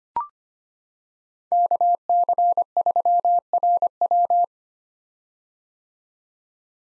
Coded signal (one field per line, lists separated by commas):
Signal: Morse code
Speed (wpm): 25 wpm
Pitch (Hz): 700 Hz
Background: none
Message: KC3RW